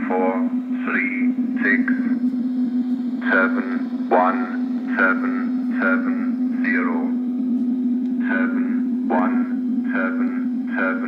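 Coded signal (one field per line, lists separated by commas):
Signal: numbers station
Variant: English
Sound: voice reading five-digit number groups, each group repeated, over a constant low hum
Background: radio static, carrier hum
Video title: Spy station?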